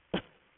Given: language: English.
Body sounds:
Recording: throat vibration sensor signal played as sound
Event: cough

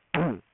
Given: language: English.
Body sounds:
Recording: throat vibration sensor signal played as sound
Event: throat clearing

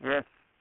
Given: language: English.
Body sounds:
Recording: throat vibration sensor signal played as sound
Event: speech

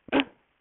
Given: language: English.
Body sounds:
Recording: throat vibration sensor signal played as sound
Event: cough

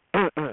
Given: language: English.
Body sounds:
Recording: throat vibration sensor signal played as sound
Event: throat clearing

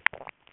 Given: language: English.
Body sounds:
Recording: throat vibration sensor signal played as sound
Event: swallow

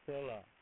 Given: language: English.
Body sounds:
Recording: throat vibration sensor signal played as sound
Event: speech

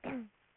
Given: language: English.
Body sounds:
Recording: throat vibration sensor signal played as sound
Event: throat clearing

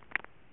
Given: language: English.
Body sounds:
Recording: throat vibration sensor signal played as sound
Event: swallow

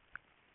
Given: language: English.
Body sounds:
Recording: throat vibration sensor signal played as sound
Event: swallow

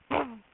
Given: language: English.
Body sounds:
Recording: throat vibration sensor signal played as sound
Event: throat clearing

